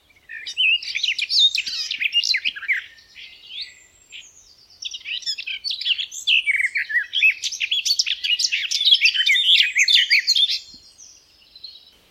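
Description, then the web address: Garden warbler giving two extended phrases of hurried, melodious warbling with a quieter gap between them. Recorded May 2020; song. "geluiden tuinfluiter mei 2020 zang"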